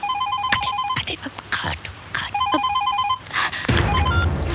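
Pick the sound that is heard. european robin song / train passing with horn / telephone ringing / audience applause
telephone ringing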